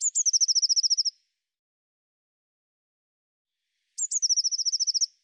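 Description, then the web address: Eurasian blue tit: two high, thin double-note starts, each followed by a rapid steady trill, with about three seconds of silence between the phrases. "cianscape birddata Deverinetal 2025 File cleaned normalized Bird Cy Ca"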